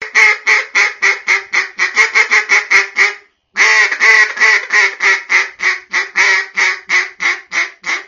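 Duck quacking: a loud, rapid series of harsh nasal quacks, with one brief pause before continuing steadily.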